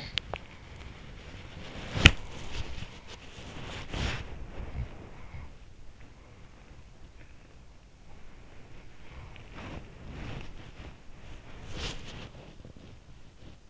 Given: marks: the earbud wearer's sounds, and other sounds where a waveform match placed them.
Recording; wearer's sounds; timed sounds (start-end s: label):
sounds in sleep by an in-ear microphone; swallowing, body movement
0.00-0.57 s: swallowing
0.00-5.49 s: body movement
9.18-13.70 s: body movement